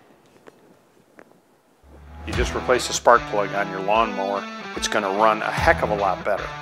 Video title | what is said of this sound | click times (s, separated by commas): How To Change A Lawn Mower Spark Plug - Ace Hardware | when you push this over the top of it you're going to hear a click once it goes on | 1.2 s